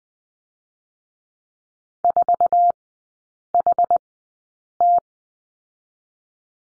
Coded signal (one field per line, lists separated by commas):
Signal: Morse code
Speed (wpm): 19 wpm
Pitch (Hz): 700 Hz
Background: none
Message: 4HT